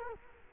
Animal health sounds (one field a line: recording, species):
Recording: mosquito wingbeat signal from an infrared sensor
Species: Culex quinquefasciatus